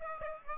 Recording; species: mosquito wingbeat signal from an infrared sensor; Aedes aegypti